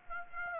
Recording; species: mosquito wingbeat signal from an infrared sensor; Aedes aegypti